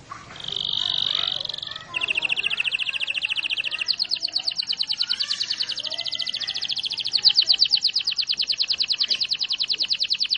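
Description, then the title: Canary song starting with a buzzy trill, then a long sustained roll shifting higher midway and continuing steadily. Canary singing a long roll (ngerol panjang); a master recording used for training birds. "Master Burung Jos. Kenari ngerol panjang 1"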